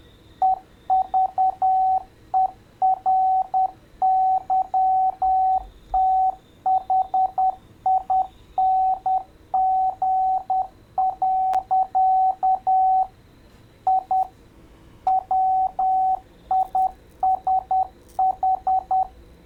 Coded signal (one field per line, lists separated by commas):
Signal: Morse code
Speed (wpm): 10 wpm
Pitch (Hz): 760 Hz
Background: radio noise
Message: EVERYTHING. I WISH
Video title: Python code for Morse Code decoder drag and drop